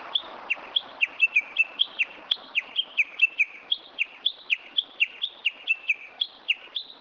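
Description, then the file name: Japanese bush warbler singing a fast string of repeated whistled notes, each rising then dropping sharply, about four notes each second, quiet background hiss. "uguisu"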